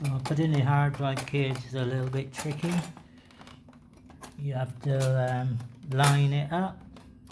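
A hard drive in its plastic caddy is lined up with the drive bay of an old-model HP Slimline desktop computer while someone talks, with faint clicks and taps from the handling between about 3.3 and 4.2 seconds and again near 7 seconds. Nothing has seated or clicked into place yet.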